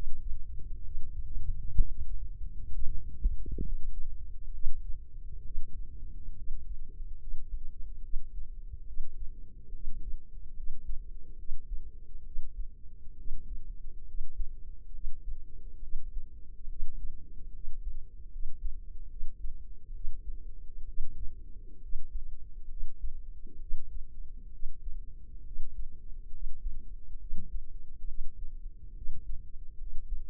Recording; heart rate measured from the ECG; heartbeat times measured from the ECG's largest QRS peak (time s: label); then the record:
heart sounds by microphone in the left ear; 68 bpm
0.80 s: heartbeat
1.73 s: heartbeat
2.69 s: heartbeat
3.59 s: heartbeat
4.49 s: heartbeat
5.41 s: heartbeat
6.32 s: heartbeat
7.16 s: heartbeat
7.99 s: heartbeat
8.83 s: heartbeat
9.70 s: heartbeat
10.52 s: heartbeat
11.34 s: heartbeat
12.22 s: heartbeat
13.14 s: heartbeat
14.03 s: heartbeat
14.90 s: heartbeat
15.78 s: heartbeat
16.65 s: heartbeat
17.50 s: heartbeat
18.28 s: heartbeat
19.06 s: heartbeat
19.90 s: heartbeat
20.84 s: heartbeat
21.78 s: heartbeat
22.66 s: heartbeat
23.57 s: heartbeat
24.48 s: heartbeat
25.41 s: heartbeat
26.29 s: heartbeat
27.16 s: heartbeat
28.04 s: heartbeat
28.92 s: heartbeat
29.75 s: heartbeat
From the record:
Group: healthy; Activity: rest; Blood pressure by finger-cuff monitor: 104/65 mmHg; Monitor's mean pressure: 76 mmHg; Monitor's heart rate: 68 bpm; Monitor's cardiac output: 5.5 L/min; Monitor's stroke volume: 81 mL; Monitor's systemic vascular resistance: 1000 dyn s/cm5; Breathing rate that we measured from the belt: 16 breaths a minute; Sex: female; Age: 23 years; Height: 160 cm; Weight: 50.4 kg